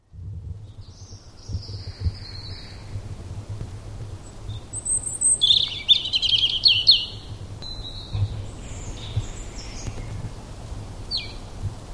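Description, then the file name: European robin song: high, thin, drawn-out notes that lead into a louder, jumbled, sparkling warble midway, then more scattered thin notes, over a constant low hum. "Erithacus rubecula"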